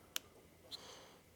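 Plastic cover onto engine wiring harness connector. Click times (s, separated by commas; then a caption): 0.2 s. A plastic cover is pushed back onto the J9 wiring harness connector of a Legend car engine after its pins are reinserted. It snaps home with one sharp click at 0.2 s. A softer, higher-pitched tick follows around 0.7 s, and the cover is seated in place.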